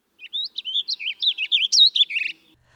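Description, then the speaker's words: Western Warbling Vireo song: a warbled string of slurred notes lasting about two seconds. Western form of the split warbling vireo; song burrier and more disjointed than the eastern, less rapid and jumbled, seldom ending on an emphasized up note. "The Western song has a burrier quality and is more disjointed"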